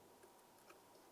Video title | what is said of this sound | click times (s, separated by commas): How to Replace Mass Air Flow Sensor 2003-2011 Mercury Grand Marquis | We'll slide this into place and listen for a click. | 0.7 s